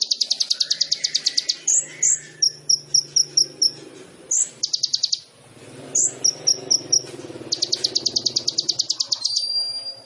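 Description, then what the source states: Sunbird song of high rattling trills and clipped chips. Indonesian masteran training recording of a kolibri ninja singing gacor (vigorously), full of isian (fill phrases) and tembakan (burst phrases), suited as pancingan to provoke other birds.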